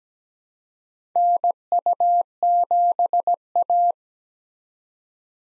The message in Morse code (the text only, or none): NU7A